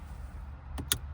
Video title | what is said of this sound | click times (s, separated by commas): Toyota Rav4 2019-2023 13.1inch Android radio upgrade Ainavi | Click. You hear the sound? That's good. It's a nice tight connection. | 0.9 s